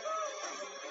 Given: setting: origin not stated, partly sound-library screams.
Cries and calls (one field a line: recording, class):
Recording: one-second piece from a danger detection set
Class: woman in danger